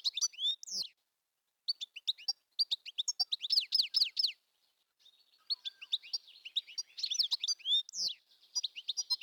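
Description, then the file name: European goldfinch song: liquid, tinkling twitters and high slurred notes in quick bursts, broken by short pauses, on a quiet background. "tengelic"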